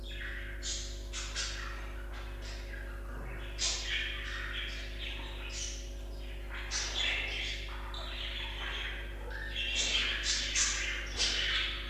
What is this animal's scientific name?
Melopsittacus undulatus